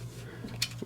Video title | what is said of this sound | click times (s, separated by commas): Transformers 3rd Party Mastermind Creations Reformatted Calidus (Rodimus) | and this will snap into place | 0.6 s